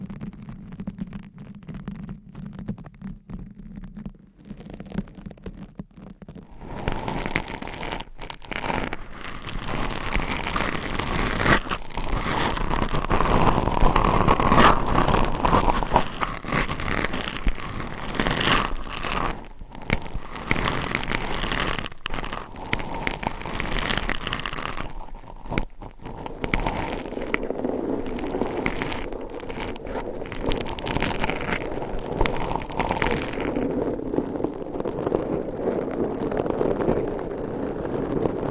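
Scratching and tapping start quietly, then grow denser and louder after about six seconds into a rough, crackly rasp. The scraping stays fairly steady, with short dropouts near 20 and 25 seconds. Toward the end it turns softer and lower.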